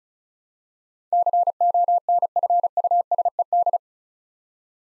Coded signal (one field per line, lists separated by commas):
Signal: Morse code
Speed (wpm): 34 wpm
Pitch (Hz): 700 Hz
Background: none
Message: CONFUSED